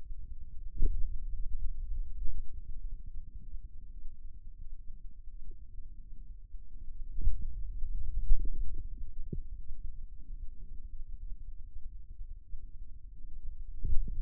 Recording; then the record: forearm muscle sounds (acoustic myography)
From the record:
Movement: finger pinch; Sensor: system 2, bracelet of six BSWA MPA416 microphones around the upper forearm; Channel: 3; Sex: male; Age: 22 years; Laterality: right